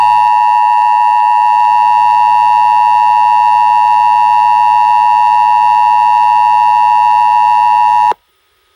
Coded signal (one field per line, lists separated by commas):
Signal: Emergency Alert System (SAME) tones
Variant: 853 and 960 Hz attention tone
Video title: United States EAS alarm.